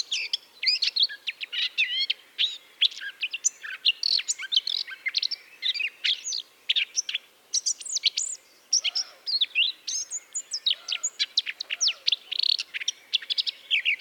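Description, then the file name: Eurasian blackcap delivering a sustained, energetic warble of sharp chirps, slurs and twitters, with only brief gaps throughout. "Sylvia atricapilla"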